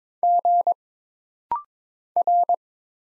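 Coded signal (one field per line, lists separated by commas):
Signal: Morse code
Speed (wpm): 22 wpm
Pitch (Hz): 700 Hz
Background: none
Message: G R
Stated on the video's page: Rapid-fire single character Morse drill at 22 wpm: letters, numbers, punctuation and prosigns, each sent, then spoken, then sent again.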